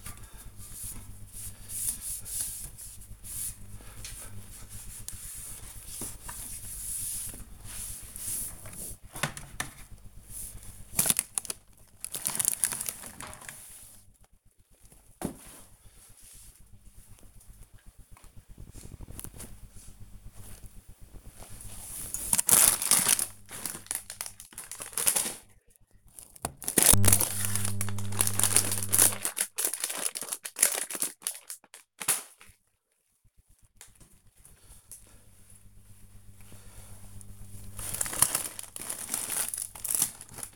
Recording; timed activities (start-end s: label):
household activities, microphone on the right wrist
0.00-40.56 s: cleaning the cupboard